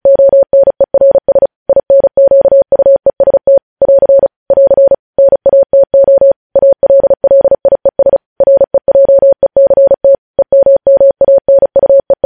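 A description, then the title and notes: A single steady tone keyed on and off in Morse code, pitched in the mid range at about 600 hertz. The dots and dashes come quickly and evenly across the whole twelve seconds, grouped by short silent gaps between letters, with no other sounds behind them. Morse code.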